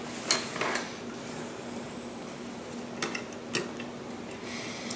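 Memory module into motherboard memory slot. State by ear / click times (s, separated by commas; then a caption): seated / 0.3 s. A 72-pin SIMM memory module is pressed into an old, reused memory slot on a motherboard more than twenty years old, giving a faint snap at 0.3 s because the slot's worn clips no longer click firmly. The module seats, and a few light taps follow around 3.0 s and 3.6 s over a steady low hum.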